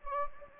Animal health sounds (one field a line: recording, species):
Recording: mosquito wingbeat signal from an infrared sensor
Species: Anopheles gambiae